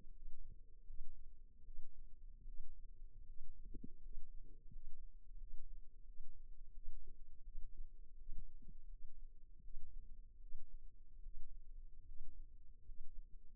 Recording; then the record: forearm muscle sounds (acoustic myography)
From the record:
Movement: rest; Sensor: system 2, bracelet of six BSWA MPA416 microphones around the upper forearm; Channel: 2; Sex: female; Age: 23 years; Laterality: right